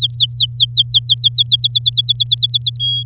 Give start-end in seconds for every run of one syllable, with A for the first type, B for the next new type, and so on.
0.00-1.56 A, 1.59-2.77 B, 2.79-3.03 C